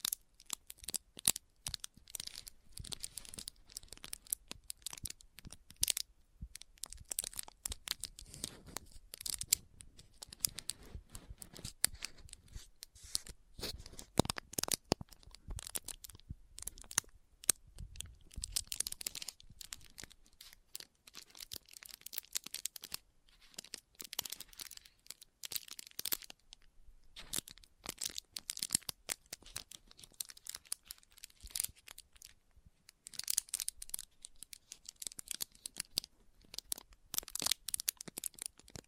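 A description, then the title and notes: An assortment of Christmas triggers with no talking: dense, irregular crinkling, tearing and crumpling sounds, like paper or wrapping being handled. Sharp bright bursts come every second or so throughout, with brief quiet gaps between clusters and no steady background. Christmas Trigger Assortment (No Talking).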